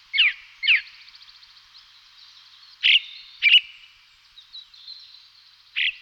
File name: Kos horsky Turdus torquatus